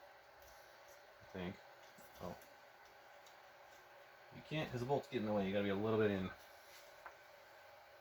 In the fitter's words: and i am not locked in okay make sure you lift this up high enough to get it locked in i wasn't